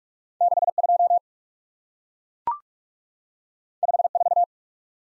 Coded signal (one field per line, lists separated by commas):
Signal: Morse code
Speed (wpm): 44 wpm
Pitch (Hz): 700 Hz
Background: none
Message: 6 2 5 4